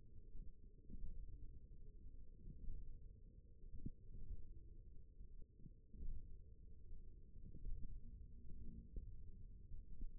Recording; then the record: forearm muscle sounds (acoustic myography)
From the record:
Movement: finger pinch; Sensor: system 1, eight BSWA MPA416 microphones around the upper forearm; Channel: 4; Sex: male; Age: 28 years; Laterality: right